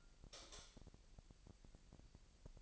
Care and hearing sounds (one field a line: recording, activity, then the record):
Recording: daily activity, microphone in the room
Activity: light off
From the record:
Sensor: 5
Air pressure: 1002.0 hPa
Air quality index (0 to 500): 226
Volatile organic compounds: 30 ppm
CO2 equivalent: 2951 ppm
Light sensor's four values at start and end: 15/36/15/16 and 15/35/14/16